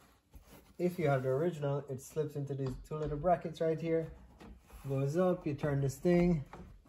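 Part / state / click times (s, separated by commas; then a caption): sunroof sun-shade panel into roof brackets / not seated / none. Someone talks while handling the original sunroof sun-shade panel of a 1991 Toyota MR2, slipping it into two small roof brackets, pushing it up and turning a fastener. Speech fills the clip with no distinct handling noises. Nothing has seated or locked in place yet when the clip ends.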